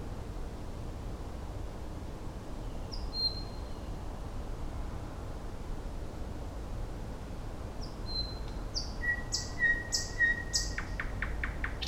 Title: Nightingale (Luscinia luscinia)